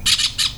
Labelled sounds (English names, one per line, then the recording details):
Brown-throated Parakeet contact call
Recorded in Venezuela
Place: Cerro Saroche, Hato Dalmatela, Edo. Lara
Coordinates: 10.149, -69.534